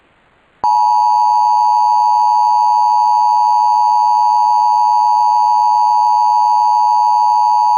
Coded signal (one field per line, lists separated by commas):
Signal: Emergency Alert System (SAME) tones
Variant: 853 and 960 Hz attention tone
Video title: EAS Mock: Ohio RMT